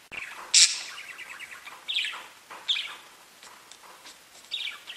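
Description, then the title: Budgerigar chirping: a loud sharp note, then a quick run of soft warbled chirps and scattered short tweets throughout. "Budgie Sounds"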